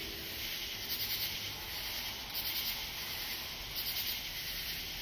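Katydid call, harsh rasping pulse groups recurring roughly every one and a half seconds, with a constant shrill insect drone behind them.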